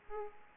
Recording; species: mosquito wingbeat signal from an infrared sensor; Aedes aegypti